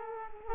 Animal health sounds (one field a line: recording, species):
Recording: mosquito wingbeat signal from an infrared sensor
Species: Culex quinquefasciatus